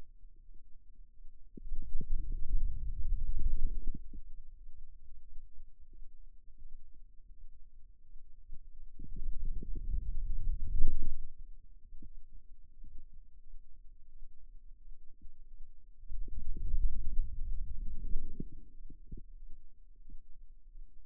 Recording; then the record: forearm muscle sounds (acoustic myography)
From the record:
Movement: wrist flexion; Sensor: system 2, bracelet of six BSWA MPA416 microphones around the upper forearm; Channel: 3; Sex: male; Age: 22 years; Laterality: right